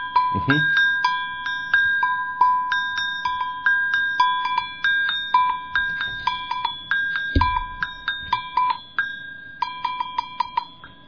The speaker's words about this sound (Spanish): Ese es un agogó, exactamente. Es como, diríamos ustedes, una bocina que antes se ponían los buses... largo, sí, ¿no? Va así, pero este está pegado en dos, ¿no? Para que proyecte el sonido, me imagino que exactamente. Está en dos partes